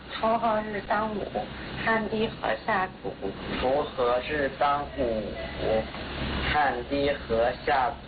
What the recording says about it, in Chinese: 到了青春期呢，尤其是男孩，他的生理结构变化比较快，声带也快速拉长，结构虽然变了，但是他的发声方式还是保持着童声的发声色彩， 所以就会出现我们所谓的青春期假声这样的一个情况。 需要及时的进行调整，让他的发声方式与生理结构相匹配。 这是一个青春期男孩在嗓音门诊治疗前后的声音对比。